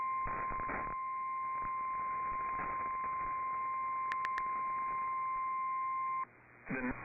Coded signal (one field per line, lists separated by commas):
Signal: Emergency Alert System (SAME) tones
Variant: 1050 Hz attention tone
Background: speech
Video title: TWO DAYS LATER: MORE STORMS IN THE DFW AREA... EAS Alerts from 12/26/24 (EAS #5,305 - 5,339)